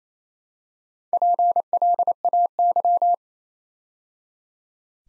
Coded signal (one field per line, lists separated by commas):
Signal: Morse code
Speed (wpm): 29 wpm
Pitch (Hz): 700 Hz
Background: none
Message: PLAY